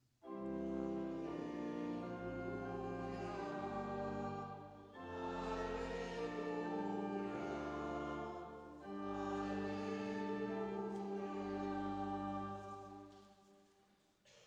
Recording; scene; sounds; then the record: everyday scene through a hearing-aid microphone; reverberant space; music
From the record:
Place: church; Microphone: in the ear canal, left